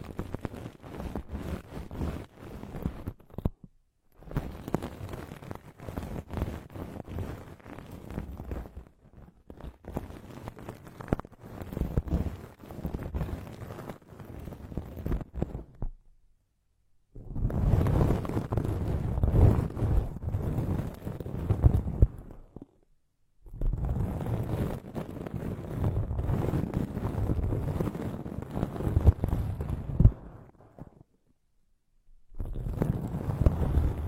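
Plants are rubbed and circled around the ears, giving dense rustling and brushing with low rumbling swishes. The sound comes in bursts of several seconds separated by short silences; the bursts after about 17 seconds are fuller and louder than the earlier ones.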